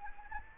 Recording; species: mosquito wingbeat signal from an infrared sensor; Anopheles gambiae